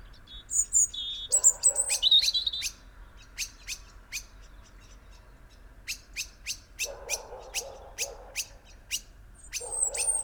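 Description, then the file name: European robin song phrase of high, glassy warbled notes, followed by repeated sharp ticking clicks and a few lower rasping bursts. "Erithacus rubecula"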